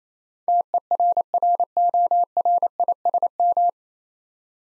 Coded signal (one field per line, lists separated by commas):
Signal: Morse code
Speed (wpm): 28 wpm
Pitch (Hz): 700 Hz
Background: none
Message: TERRORISM